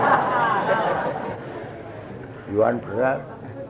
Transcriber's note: laughter